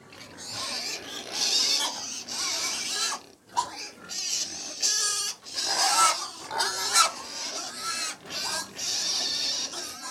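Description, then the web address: Loud, drawn-out pig screams and squeals follow one another with brief gaps, harmonic and wavering, over constant jostling noise. 100 pigs feeding; livestock. "The BBC Sound Effects Library - Livestock 100 Pigs Feeding"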